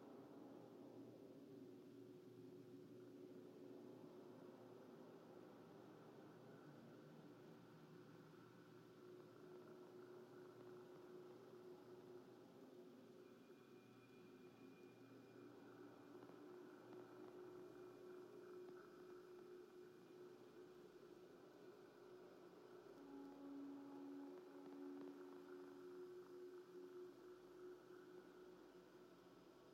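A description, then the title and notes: Warm, hissy tape noise forms a steady bed for heavily processed fragments of a field recording, with a dense low-mid drone that slowly swells and recedes. Thin, faint feedback tones flicker in and out, and a brighter tone surfaces around 23–25 seconds. The inspiration for »lwrcs« was mainly driven by the feedback-like howling of the wind in the original field recording. It’s rich in frequencies but also has something eerie yet warm to it. Digital and analog feedback loops and warm tape noise create the framework for the heavily processed fragments of the field recording.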